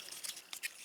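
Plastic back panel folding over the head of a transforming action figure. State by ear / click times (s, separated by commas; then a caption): not seated / none. The plastic back panel of a Transformers Legacy Evolution Devcon action figure is brought over the robot's head and closed down during transformation. Only faint plastic contact taps are heard, around 0.1 s and 0.5 s. The panel does not snap into place, and nothing has clicked.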